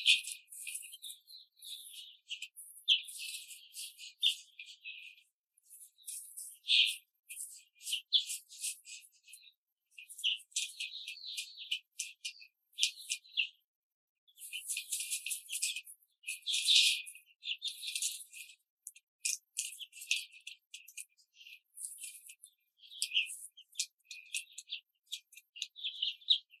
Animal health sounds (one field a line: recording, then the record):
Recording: young laying hens in a cage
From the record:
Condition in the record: control cage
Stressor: none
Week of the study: 5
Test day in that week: 1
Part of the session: 2